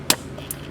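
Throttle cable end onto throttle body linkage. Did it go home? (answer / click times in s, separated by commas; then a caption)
yes / 0.1 s. A throttle cable end is pushed onto the throttle body linkage of a Ram and seats with a sharp, bright click at 0.1 s. A much fainter high tick follows at about 0.5 s over a low steady hum, and the cable end is confirmed seated.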